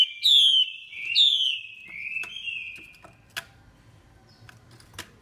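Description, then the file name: Chinese hwamei singing two strong falling whistles and a warbled tail, followed by quiet background clicks. Female hwamei calling, a sound used to stimulate male birds. "Tieng chim hoa mi mai kich trong"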